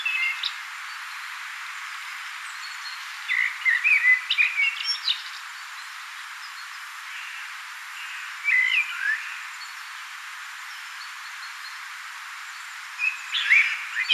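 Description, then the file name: Common blackbird giving several song phrases several seconds apart, rich warbles of fluted notes with scratchy high twittering. "Turdus merula"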